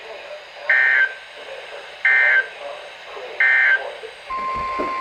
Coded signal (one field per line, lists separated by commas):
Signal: Emergency Alert System (SAME) tones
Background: speech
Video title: Thanks RNK (6/13/22 - 6/14/22) (EAS #222 - 228)